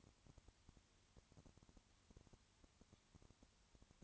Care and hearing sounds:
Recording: daily activity, microphone in the room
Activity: no activity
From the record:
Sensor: 3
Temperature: 20.5 degrees Celsius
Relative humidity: 34.6%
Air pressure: 1001.0 hPa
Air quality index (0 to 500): 195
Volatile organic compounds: 6 ppm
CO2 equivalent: 1853 ppm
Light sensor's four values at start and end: 2/3/2/2 and 2/3/2/2

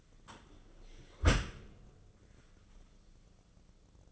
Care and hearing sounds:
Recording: daily activity, microphone in the room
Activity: close dishwasher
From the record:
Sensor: 4

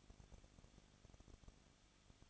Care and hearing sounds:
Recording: daily activity, microphone in the room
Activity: no activity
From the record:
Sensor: 4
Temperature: 23.0 degrees Celsius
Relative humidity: 34.4%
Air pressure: 1007.3 hPa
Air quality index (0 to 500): 216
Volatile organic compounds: 15 ppm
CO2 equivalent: 2508 ppm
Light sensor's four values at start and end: 2/3/1/1 and 2/3/1/1

